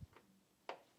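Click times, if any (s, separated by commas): none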